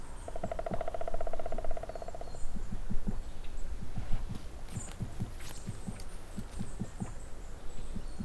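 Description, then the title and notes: Woodpecker drumming: one quick roll of about two seconds at the start, then soft low knocking sounds and faint high bird calls. Recordist unsure whether a Picus woodpecker (žluna) or black woodpecker (datel); on a dry spruce near wetlands at Hatě, Ústí, Czechia. "Ústí, Czechia - datel na suchém smrku. žluna nebo datel na suchém smrku nedaleko mokřadů na Hatích"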